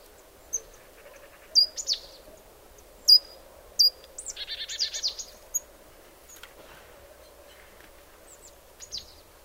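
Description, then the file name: Marsh tit calls: sharp, high, downslurred notes in short groups, then a harsher buzzy burst of notes, with a low steady hum underneath. "Poecile palustris"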